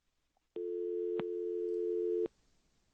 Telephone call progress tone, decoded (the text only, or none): dial tone